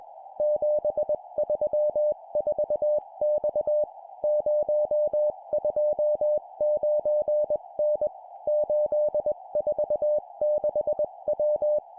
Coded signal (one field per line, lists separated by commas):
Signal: Morse code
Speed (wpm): 21 wpm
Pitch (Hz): 600 Hz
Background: music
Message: 734X 029N 846W